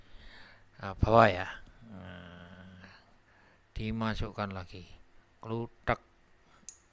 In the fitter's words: sampai terdengar bunyi klik.